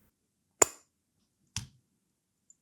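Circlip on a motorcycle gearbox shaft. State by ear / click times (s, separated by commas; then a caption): seated / 0.6 s. A steel circlip, spread just enough with external circlip pliers so it won't stretch, is slid along a Hero 100cc motorcycle gearbox shaft and released into its groove. It snaps in with a sharp, bright click at 0.6 s, followed by a fainter, duller knock at 1.6 s and a tiny tick at 2.5 s. The circlip is seated in the groove.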